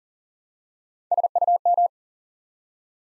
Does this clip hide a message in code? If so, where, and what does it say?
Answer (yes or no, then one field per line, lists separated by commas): yes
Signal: Morse code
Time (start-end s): 1.1-1.9 s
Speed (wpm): 38 wpm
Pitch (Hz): 700 Hz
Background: none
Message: SUM